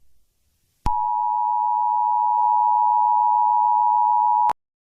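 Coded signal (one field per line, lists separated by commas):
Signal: Emergency Alert System (SAME) tones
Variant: 853 and 960 Hz attention tone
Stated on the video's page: Fictional EAS scenario based on a Jurassic Park novel, horror-themed.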